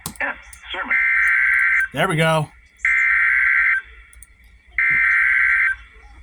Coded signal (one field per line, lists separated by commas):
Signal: Emergency Alert System (SAME) tones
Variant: header bursts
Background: speech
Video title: INSANITY. (EAS#306-339)